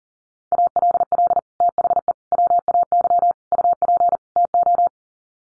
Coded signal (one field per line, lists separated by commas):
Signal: Morse code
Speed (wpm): 40 wpm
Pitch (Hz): 700 Hz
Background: none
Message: ALL THE WAY UP TO